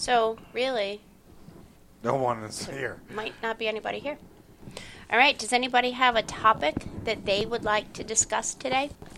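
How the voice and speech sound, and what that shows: A woman speaks clearly and fluently at a moderate pitch, with natural intonation and a few short pauses between phrases as she asks a group for a discussion topic. Articulation and voice quality are ordinary, with no signs of a speech disorder.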